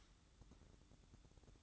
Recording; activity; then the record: daily activity, microphone in the room; light off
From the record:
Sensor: 3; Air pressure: 1007.9 hPa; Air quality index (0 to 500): 85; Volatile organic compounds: 1 ppm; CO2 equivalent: 723 ppm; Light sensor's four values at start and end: 15/38/16/15 and 15/38/16/15